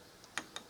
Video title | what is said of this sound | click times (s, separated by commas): 110 Gallon "Tall" Aquarium - Part 2 | locks into place there | 0.4 s